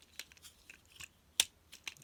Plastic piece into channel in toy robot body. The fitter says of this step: and it will click into place